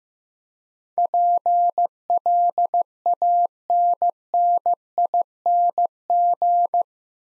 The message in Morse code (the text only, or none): PLANNING